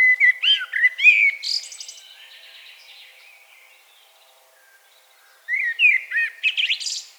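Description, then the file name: Common blackbird song: a loud liquid warbled phrase with a scratchy high ending, a quiet gap, then another fluted phrase rising into squeaky twitters. "Turdus merula"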